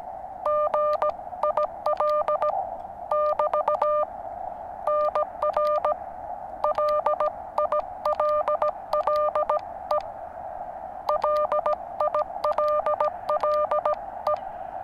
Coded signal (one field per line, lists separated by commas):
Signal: Morse code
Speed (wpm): 17 wpm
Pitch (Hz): 600 Hz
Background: none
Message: GIL <BT> NR LILLE LILLE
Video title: NVIS Regional Radio Communications With Low-Slung Wire Antenna.